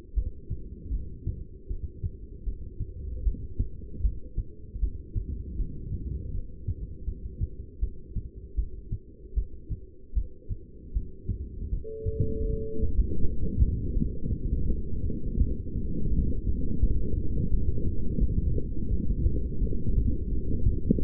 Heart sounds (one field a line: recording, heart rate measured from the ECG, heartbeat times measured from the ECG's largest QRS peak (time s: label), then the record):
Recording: heart sounds by stethoscope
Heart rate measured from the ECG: 81 bpm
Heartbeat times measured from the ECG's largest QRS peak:
0.15 s: heartbeat
0.92 s: heartbeat
1.69 s: heartbeat
2.45 s: heartbeat
3.24 s: heartbeat
4.02 s: heartbeat
4.80 s: heartbeat
5.57 s: heartbeat
6.33 s: heartbeat
7.06 s: heartbeat
7.81 s: heartbeat
8.56 s: heartbeat
9.35 s: heartbeat
10.14 s: heartbeat
10.94 s: heartbeat
11.71 s: heartbeat
12.47 s: heartbeat
13.22 s: heartbeat
13.94 s: heartbeat
14.67 s: heartbeat
15.39 s: heartbeat
16.10 s: heartbeat
16.81 s: heartbeat
17.51 s: heartbeat
18.20 s: heartbeat
18.89 s: heartbeat
19.60 s: heartbeat
20.31 s: heartbeat
21.01 s: heartbeat
From the record:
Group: heart failure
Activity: rest 0-11 s, light exercise 11-21 s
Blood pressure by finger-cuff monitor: 186/124 mmHg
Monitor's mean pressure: 141 mmHg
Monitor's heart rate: 80 bpm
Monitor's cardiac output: 7.1 L/min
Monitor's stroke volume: 90 mL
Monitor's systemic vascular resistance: 1530 dyn s/cm5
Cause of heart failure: non-ischemic cardiomyopathy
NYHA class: 1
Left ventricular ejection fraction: 62%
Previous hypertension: present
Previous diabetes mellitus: present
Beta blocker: bisoprolol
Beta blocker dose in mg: 10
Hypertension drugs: sacubitril-valsartan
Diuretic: furosemide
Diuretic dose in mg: 20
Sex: male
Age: 49 years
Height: 167 cm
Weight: 110 kg